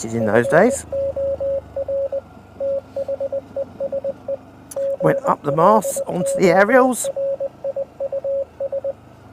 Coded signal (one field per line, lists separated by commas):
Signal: Morse code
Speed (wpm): 20 wpm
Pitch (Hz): 550 Hz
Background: speech, radio noise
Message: FOR THESE GLORIUS